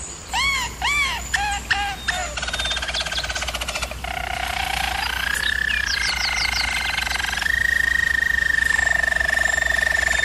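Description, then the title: German Roller canary song opening with repeated looping whistles, then rattling trills and a long, level bright roll. German Roller canary singing, for canary training. "German Roller Canary Singing - Canary Training Vid"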